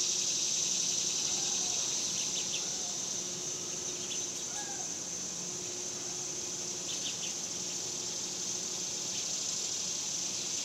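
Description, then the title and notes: Cicadas droning in an unbroken high-pitched buzz, with faint brief chirps popping up now and then over a low hum. Summer; suburbs; outdoor recording of several cicadas. "Ext Summer Cicadas, Suburbs by Bandeto"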